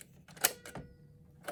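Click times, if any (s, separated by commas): 0.5 s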